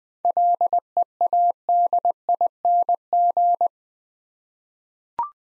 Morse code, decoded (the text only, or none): LEADING